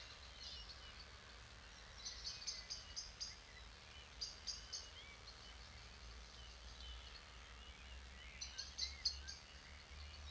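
An evening in a clay pit, recorded with a dummy head: a steady low rumble under bursts of bright, quick bird chirps that come and go.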